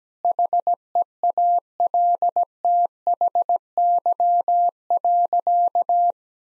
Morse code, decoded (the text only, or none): HEALTHY.